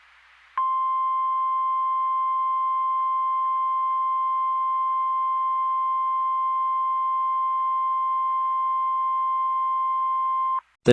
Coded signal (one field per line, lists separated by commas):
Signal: Emergency Alert System (SAME) tones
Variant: 1050 Hz attention tone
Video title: EAS Scenario: The Alabama Hurricane